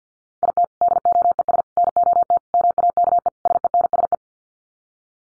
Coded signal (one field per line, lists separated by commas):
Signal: Morse code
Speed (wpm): 50 wpm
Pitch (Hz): 700 Hz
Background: none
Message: IT DOES NOT MAKE SENSE